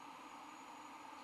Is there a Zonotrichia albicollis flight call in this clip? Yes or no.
no